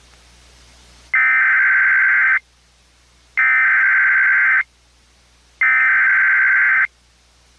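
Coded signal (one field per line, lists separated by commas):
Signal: Emergency Alert System (SAME) tones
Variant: header bursts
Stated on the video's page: Fake Flash Flood Warning made as an EAS mock.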